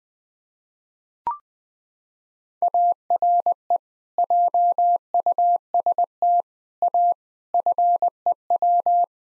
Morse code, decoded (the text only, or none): ARE JUST A FEW